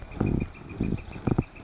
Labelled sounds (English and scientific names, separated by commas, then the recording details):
Northern Flicker (Colaptes auratus)
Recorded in Sonoma County, California